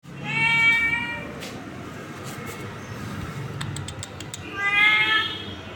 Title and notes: Today morning I arrived my house without food for my cat. So he became so anrgy to me. He shouted me.